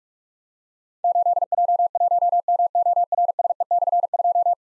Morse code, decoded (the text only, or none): 8J1MORSE/2